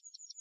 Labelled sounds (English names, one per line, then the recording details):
Yellowhammer song
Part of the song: start
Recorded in the Czech Republic on 26 April 2013
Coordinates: 50.068, 15.123
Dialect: BlBh
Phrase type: B25
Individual 277279